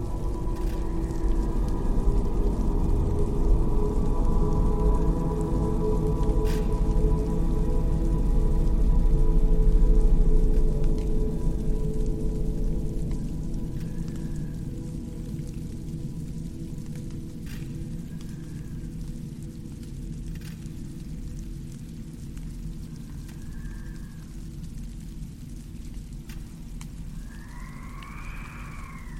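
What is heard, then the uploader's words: A deep, dense rumble fills an abandoned city, layered with steady droning tones that swell to their loudest around ten seconds and then thin out. Sparse clicks break through, and faint wavering cries rise and fall several times in the later half. Eerie atmosphere of abandoned city.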